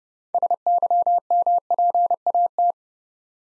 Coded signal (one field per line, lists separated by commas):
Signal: Morse code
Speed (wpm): 30 wpm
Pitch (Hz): 700 Hz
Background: none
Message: SYMPAT